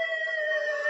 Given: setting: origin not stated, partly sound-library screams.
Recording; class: one-second piece from a danger detection set; woman in danger